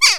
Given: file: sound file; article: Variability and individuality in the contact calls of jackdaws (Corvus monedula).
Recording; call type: jackdaw call; harmonic